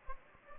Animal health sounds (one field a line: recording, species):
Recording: mosquito wingbeat signal from an infrared sensor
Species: Anopheles gambiae